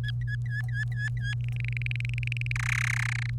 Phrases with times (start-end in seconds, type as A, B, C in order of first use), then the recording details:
0.04-1.34 A, 1.40-2.52 B, 2.56-3.30 C. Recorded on 30 April 2018 at 15:23. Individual llb3